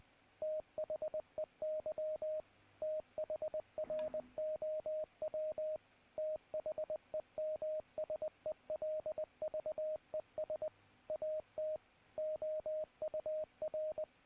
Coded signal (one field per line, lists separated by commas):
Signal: Morse code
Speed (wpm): 20 wpm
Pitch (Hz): 620 Hz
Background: radio noise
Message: THEY THROW THEMSELVES AT OUR